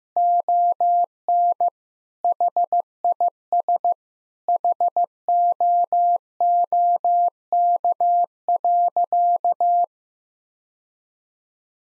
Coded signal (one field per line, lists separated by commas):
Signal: Morse code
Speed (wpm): 16 wpm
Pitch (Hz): 700 Hz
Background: none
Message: ON HIS HOOK.